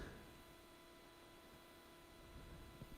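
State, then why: Not seated. A small HDD LED front-panel connector is picked up and lined up with its holder on the motherboard header, with only faint handling bumps over a steady low hum and broadband noise. A few soft knocks come near the end, around 2.4–2.9 seconds. The connector has not been inserted or clicked into place yet.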